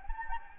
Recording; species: mosquito wingbeat signal from an infrared sensor; Anopheles gambiae